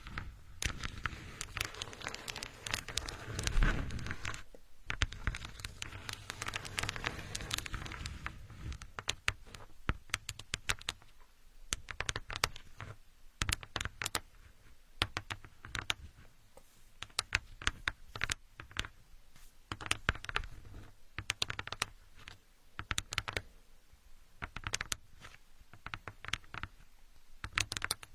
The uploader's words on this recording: Asmr, playing with building blocks.